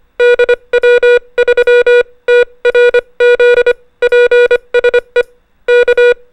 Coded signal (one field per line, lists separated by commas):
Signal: Morse code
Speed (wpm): 25 wpm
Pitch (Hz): 480 Hz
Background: music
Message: DW3TRZ PSE K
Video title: The Making Of Amazing Helen Joyce Archibald VA1YL - CANADA | MABUHAY X-stitch Call | Amateur Radio